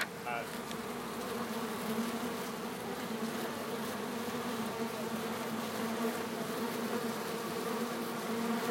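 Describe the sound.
Bees produce a dense, unbroken buzzing drone, low and steady; a short high chirp sounds briefly at the very start.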